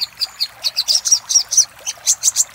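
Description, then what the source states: Little spiderhunter uttering spaced, high-pitched notes, several with a thin whistled tone, in a brief sequence. Master recording of little spiderhunter ('sogok ontong'), labelled Labaik, used for training cage birds.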